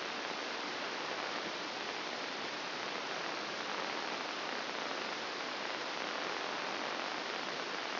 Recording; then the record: brain microelectrode recording played as sound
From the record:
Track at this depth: inside the subthalamic nucleus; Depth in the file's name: 3.366 mm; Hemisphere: left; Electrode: 2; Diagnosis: Parkinson's disease